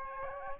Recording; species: mosquito wingbeat signal from an infrared sensor; Aedes aegypti